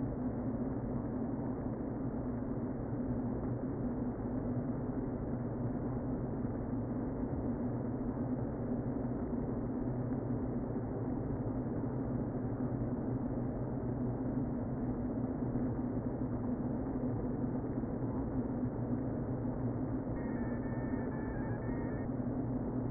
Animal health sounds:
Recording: honeybee colony, microphone inside the hive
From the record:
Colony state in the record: queen present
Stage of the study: before two queens were removed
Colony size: about 60,000 bees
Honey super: yes

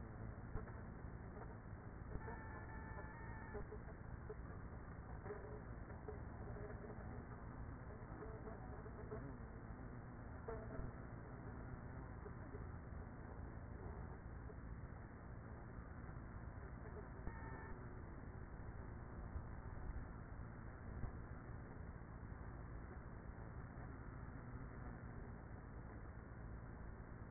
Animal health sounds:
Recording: honeybee colony, microphone inside the hive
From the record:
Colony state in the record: queenless with a low population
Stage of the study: after two queens were removed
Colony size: about 30,000 bees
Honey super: no

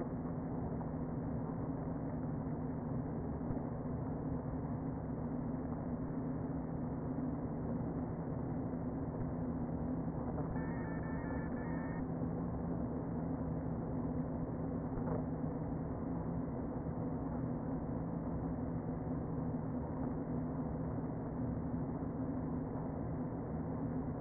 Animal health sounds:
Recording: honeybee colony, microphone inside the hive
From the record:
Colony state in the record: queen present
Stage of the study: before two queens were removed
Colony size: about 60,000 bees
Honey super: yes

